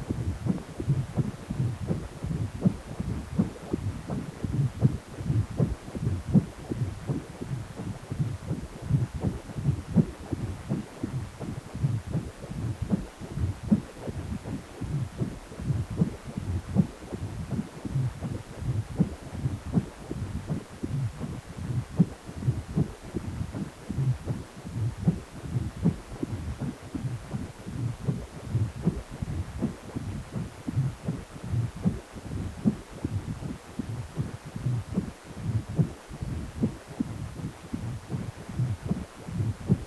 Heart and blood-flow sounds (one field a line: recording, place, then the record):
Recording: Doppler ultrasound of blood flow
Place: precordium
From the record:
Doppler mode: continuous wave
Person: healthy adult, 18 to 50 years, no heart murmur, not diving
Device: 2.5 MHz transducer